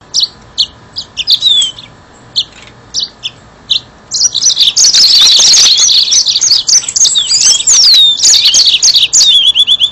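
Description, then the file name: Yellow-fronted canary song, starting with scattered short chirps, then a long, continuous, rapid jumble of high twittering and trilled notes lasting several seconds. "mozambik"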